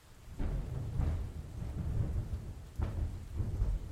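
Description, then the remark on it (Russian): A deep, heavy rumble of thunder rolls through steady rain, swelling in a few low booming surges before settling back into a continuous stormy roar. “Эрика прервал раскат грома.”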